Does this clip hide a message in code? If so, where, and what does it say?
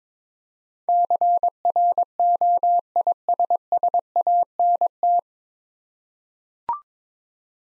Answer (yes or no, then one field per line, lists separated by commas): yes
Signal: Morse code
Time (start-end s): 0.9-5.2 s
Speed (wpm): 22 wpm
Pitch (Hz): 700 Hz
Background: none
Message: CROISSANT